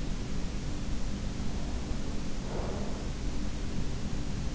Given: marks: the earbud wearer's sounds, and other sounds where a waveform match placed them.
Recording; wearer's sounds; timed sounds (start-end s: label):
sounds in sleep by an in-ear microphone; breath
1.48-3.30 s: breath